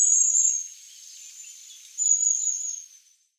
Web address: Schulze Peter Long-tailed Tit calls